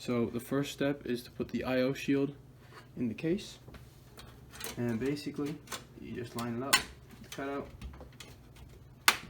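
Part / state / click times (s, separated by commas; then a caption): motherboard I/O shield into PC case rear cut-out / seated / 8.2 s, 9.1 s. Someone talks while a metal motherboard I/O shield is lined up with the PC case's rear cut-out and pushed in. Sharp clicks sound at about 8.2 and 9.1 seconds, the second one much louder, as the shield snaps into place and is seated in the case.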